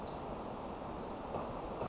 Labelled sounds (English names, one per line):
Pacific Wren